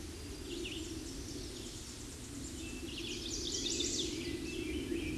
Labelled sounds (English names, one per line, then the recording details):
Red-eyed Vireo song
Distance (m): 25 m
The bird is about 10 m above the microphone
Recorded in a Pennsylvania forest on 16 May 2024 at 08:59
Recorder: AudioMoth, point MSD-2376
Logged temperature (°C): 16.7 °C
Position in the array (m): 149 m, 26 m